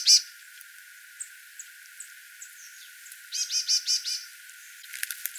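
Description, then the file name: Marsh tit giving one burst of about five nasal, buzzy notes after scattered thin high chips, followed by a short run of sharp clicks. "Poecile palustris"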